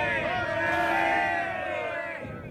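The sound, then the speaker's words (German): A crowd of Russian soldiers roars a sustained hurrah battle cry while chasing the enemy after recapturing a battery, many voices blending into one loud, steady shout that holds for a couple of seconds before beginning to fade. “Die Batterie wurde zurückerobert und mit Hurra-Geschrei jagten die Russen die Feinde so weit, dass es schwer hielt, sie wieder zum Stehen zu bringen.”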